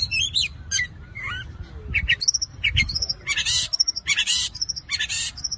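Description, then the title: Long-tailed shrike song: a varied jumble of high whistled slurs and harsh, noisy bursts, changing phrase type every second or so, with low rumbling background. Combination song style (kombinasi). "Cendet Kombinasi"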